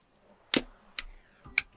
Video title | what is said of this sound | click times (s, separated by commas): DJI Osmo Action 6 – Complete Guide: Setup, Best Settings, Tips & Fixes | Cool. Clicks into place. | 0.5 s, 1.6 s